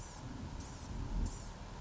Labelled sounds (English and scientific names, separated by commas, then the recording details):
Blue-gray Gnatcatcher (Polioptila caerulea)
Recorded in Sonoma County, California